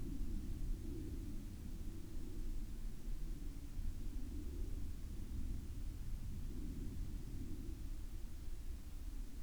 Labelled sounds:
aircraft
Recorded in the Arctic National Wildlife Refuge, Alaska, on 8 May 2019 at 23:08
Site 37

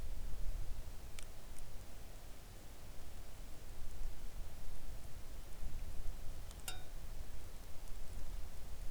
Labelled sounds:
rain
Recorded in the Arctic National Wildlife Refuge, Alaska, on 3 August 2019 at 05:48
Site 41

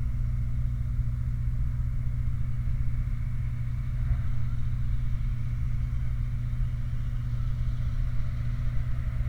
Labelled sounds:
machinery, flare stack
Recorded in the Prudhoe Bay oil fields, Alaska, on 28 July 2019 at 23:42
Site 29

